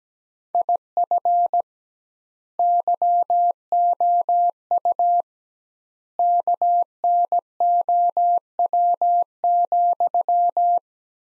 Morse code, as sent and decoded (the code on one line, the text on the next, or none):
.. ..-. / -.-- --- ..- / -.- -. --- .-- --..--
IF YOU KNOW,